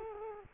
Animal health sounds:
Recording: mosquito wingbeat signal from an infrared sensor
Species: Culex quinquefasciatus

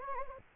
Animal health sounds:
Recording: mosquito wingbeat signal from an infrared sensor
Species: Anopheles gambiae

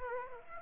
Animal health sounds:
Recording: mosquito wingbeat signal from an infrared sensor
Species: Aedes aegypti

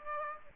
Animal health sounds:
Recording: mosquito wingbeat signal from an infrared sensor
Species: Aedes aegypti

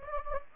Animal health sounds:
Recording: mosquito wingbeat signal from an infrared sensor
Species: Anopheles gambiae

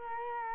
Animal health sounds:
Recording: mosquito wingbeat signal from an infrared sensor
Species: Culex quinquefasciatus

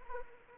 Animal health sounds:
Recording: mosquito wingbeat signal from an infrared sensor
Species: Anopheles arabiensis

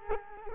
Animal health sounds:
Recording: mosquito wingbeat signal from an infrared sensor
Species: Culex quinquefasciatus

